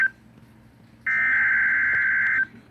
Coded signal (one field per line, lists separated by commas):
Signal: Emergency Alert System (SAME) tones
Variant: header bursts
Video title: EAS Flash Flood Warning (8/28/20)